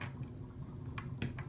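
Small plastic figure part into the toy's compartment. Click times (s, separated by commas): 1.0 s, 1.2 s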